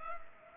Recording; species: mosquito wingbeat signal from an infrared sensor; Culex pipiens